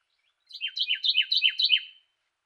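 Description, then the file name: Carolina wren song: one quick series of five repeated two-part phrases, each sliding downward. Song variation number three. "suara-kicauan-burung-carolina-wren-variasi-3-omkicau"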